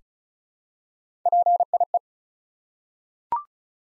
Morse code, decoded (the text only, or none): PIE